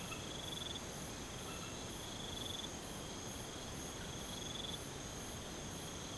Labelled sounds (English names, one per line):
none